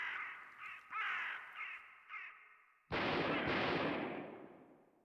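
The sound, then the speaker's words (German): Ravens give a run of harsh, raspy caws, then a single loud gunshot, fired at the ravens, blasts out and its broad boom slowly rolls away. No one speaks. “Schießt man wirklich auf die Raben? Es ist nutzlos, sie treffen nicht.”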